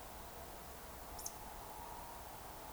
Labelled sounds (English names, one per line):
Eurasian Woodcock whistle